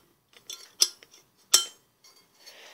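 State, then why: Seated. A removable loose-leaf mesh tea infuser net is taken out of a drinking tumbler and pushed back into the tumbler's mouth. Light clinks and a sharp tap near 0.8 s lead to a sharp snap at 1.5 s, followed by faint rustling. The infuser snaps back and is seated in the tumbler.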